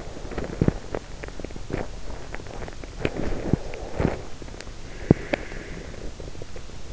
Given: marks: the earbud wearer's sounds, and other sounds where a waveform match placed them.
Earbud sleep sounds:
sounds in sleep by an in-ear microphone; teeth grinding, breath
0.00-4.41 s: teeth grinding
4.80-5.35 s: teeth grinding
5.09-6.09 s: breath

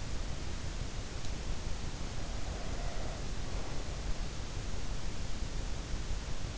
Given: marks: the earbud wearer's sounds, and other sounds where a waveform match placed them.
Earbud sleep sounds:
sounds in sleep by an in-ear microphone; breath
2.44-4.17 s: breath

